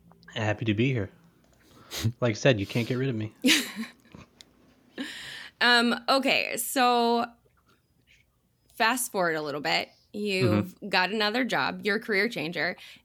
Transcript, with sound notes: Happy to be here. Like I said you can't get rid of me.
(laugh) Um, okay, so fast forward a little bit, you got another job, your career changer.